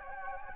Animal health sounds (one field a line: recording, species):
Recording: mosquito wingbeat signal from an infrared sensor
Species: Anopheles gambiae